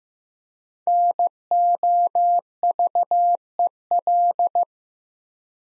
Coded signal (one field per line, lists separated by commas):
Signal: Morse code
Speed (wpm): 15 wpm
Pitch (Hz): 700 Hz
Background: none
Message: NOVEL